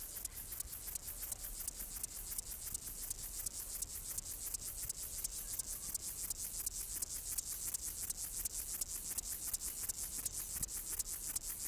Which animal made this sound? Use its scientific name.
Chorthippus apricarius